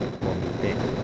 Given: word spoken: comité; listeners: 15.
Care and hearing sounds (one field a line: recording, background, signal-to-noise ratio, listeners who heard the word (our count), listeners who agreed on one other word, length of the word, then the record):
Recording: one Spanish word in noise, from a listening test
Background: noise modulated by three-talker babble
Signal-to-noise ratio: -3.4 dB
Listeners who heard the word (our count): 2 of 15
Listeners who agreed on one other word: 7 of 15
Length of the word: 0.64 s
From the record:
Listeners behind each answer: 7, 2, 1, 1, 1, 1, 1, 1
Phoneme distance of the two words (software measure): 17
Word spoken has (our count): 3 syllables, 6 phonemes, stress on syllable 3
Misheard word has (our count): 2 syllables, 5 phonemes, stress on syllable 2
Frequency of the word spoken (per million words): 82.06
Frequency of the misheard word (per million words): 6.46